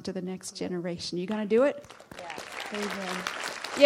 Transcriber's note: applause